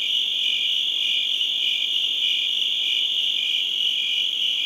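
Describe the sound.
Steady high-pitched cricket trilling, a continuous buzz-like ring.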